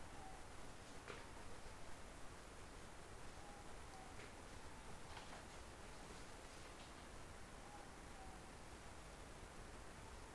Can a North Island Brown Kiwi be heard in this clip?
no